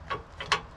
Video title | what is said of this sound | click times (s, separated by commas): B&W Tow and Stow Adjustable Ball Hitch - Review - Install - Receiver Lock | you'll hear a click | 0.4 s, 0.5 s